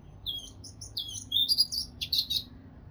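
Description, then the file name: Eurasian blackcap song: a short, quiet passage of high, rapid twittering and scratchy warbled notes. "Sylvia atricapilla"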